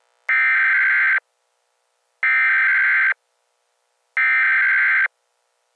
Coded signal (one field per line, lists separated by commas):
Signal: Emergency Alert System (SAME) tones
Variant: header bursts